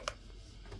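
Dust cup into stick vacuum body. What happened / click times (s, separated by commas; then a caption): The dust cup clicked back into the vacuum body / 0.1 s. After emptying, the plastic dirt cup and motor section of a Bissell Featherweight 2033 stick vacuum is pushed back into the vacuum body. A single sharp click at 0.1 s is heard over a low, steady background. The dust cup seats back into place.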